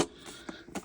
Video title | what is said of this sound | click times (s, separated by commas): DELL LATITUDE 5520 RAM AND SSD INSTALLATION | hear that snap crack and pop that's what you want to hear | 0.5 s, 0.8 s